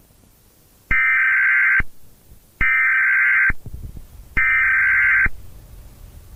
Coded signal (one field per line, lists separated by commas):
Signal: Emergency Alert System (SAME) tones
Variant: header bursts